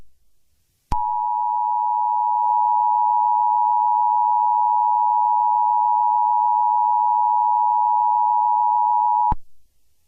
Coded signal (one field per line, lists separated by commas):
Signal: Emergency Alert System (SAME) tones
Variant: 853 and 960 Hz attention tone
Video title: EAS Scenario: Erling Haaland